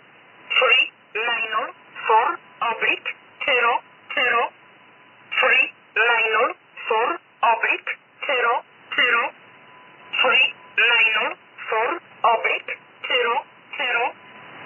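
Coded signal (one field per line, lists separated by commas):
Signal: numbers station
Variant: E11 'Oblique'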